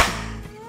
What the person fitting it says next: Lock అయిపోయింది.